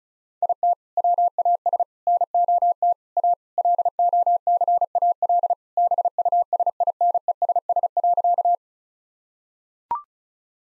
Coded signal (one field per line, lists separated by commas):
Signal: Morse code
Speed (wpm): 36 wpm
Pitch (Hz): 700 Hz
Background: none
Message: IT WAS NOT A LOCAL BUSINESS.